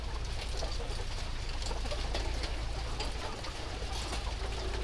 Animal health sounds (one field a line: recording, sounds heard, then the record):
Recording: poultry house recording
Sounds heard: healthy chickens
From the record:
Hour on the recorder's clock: 1